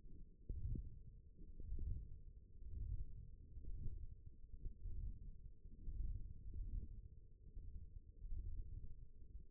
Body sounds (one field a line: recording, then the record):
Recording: forearm muscle sounds (acoustic myography)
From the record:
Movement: ulnar deviation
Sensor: system 1, eight BSWA MPA416 microphones around the upper forearm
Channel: 2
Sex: female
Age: 20 years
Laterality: right